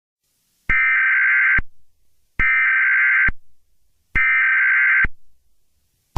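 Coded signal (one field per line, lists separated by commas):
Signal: Emergency Alert System (SAME) tones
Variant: header bursts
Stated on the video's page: Fictional EAS scenario, not a real alert.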